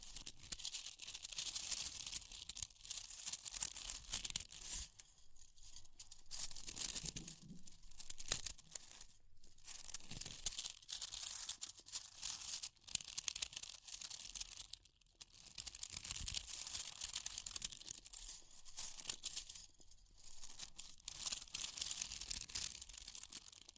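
Fire crackling fills the recording with a dense, hissing rush of bright crackle that runs almost without pause. It thins briefly around 6, 9 and 15 seconds before swelling again. Scattered sharper snaps, taps and scratchy bursts poke through, with a few low thumps.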